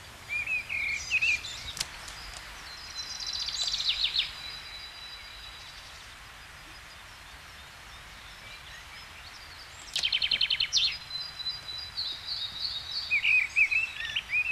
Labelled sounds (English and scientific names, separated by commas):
Mistle Thrush (Turdus viscivorus) song